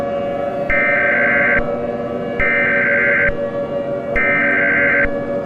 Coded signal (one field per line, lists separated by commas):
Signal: Emergency Alert System (SAME) tones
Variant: header bursts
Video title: Nuclear Attack 2 (EAS Scenario)